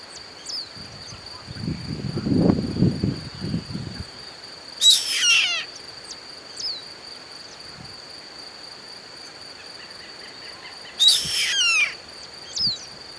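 Bird calls: two short, harsh, scratchy bursts about six seconds apart, with a low rumbling noise early on and a constant thin high whine underneath.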